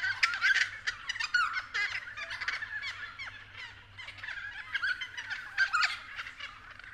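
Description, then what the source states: Friarbirds calling with harsh, throaty cackles and chattering bursts, several birds overlapping, slightly quieter midway before rising again. Several friarbirds recorded at 6:30 AM.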